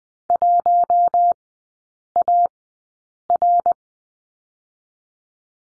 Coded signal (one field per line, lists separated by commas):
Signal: Morse code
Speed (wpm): 20 wpm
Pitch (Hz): 700 Hz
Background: none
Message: 1AR